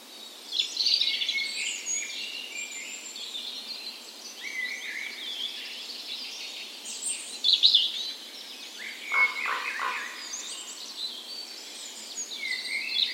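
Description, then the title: Birds: dawn chorus of many birds singing at once, a dense mix of high chirps, trills and short whistles rising and falling throughout. Dawn chorus in a park west in Bergen, Norway, morning of 17 May, Norway's National Day, full spring; recorded with Sony PCM A10 and LOM Micro Usi microphones used as tree ears. "17th Of May Dawn Chorus"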